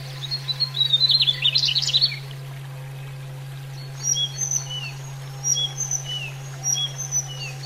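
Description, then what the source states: Sunda robin song: a dense buzzy, jumbled burst for two seconds, then scattered thin high whistles and short slurred notes, with a constant low hum underneath. Used for training cage birds, Indonesia.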